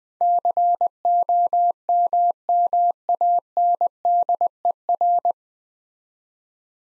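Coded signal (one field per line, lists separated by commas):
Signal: Morse code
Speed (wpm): 20 wpm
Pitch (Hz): 700 Hz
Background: none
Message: COMMANDER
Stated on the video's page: Morse practice drill at 20 wpm sending 9-letter words twice, for head-copy and word-recognition training.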